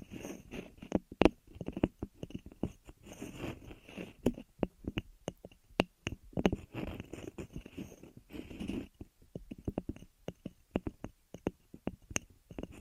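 Ear massage and cleaning sounds: close rubbing and scratching with frequent sharp clicks and crackles, irregular and dense through most of the stretch. Soft rustling swells between the snaps, thinning into sparser, isolated clicks after about nine seconds.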